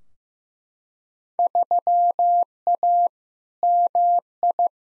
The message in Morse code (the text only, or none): 3A MI